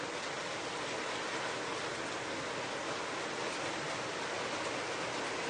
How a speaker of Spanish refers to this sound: Pues este bendito día, mi Padre nos ha otorgado esta bendita agua de purificación y limpieza.